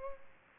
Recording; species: mosquito wingbeat signal from an infrared sensor; Culex pipiens